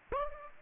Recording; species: mosquito wingbeat signal from an infrared sensor; Aedes aegypti